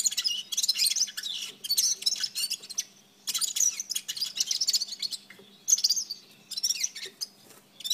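Red-fronted serin in near-continuous high twittering, fast tinkling and buzzy notes running with brief breaks.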